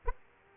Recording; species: mosquito wingbeat signal from an infrared sensor; Aedes aegypti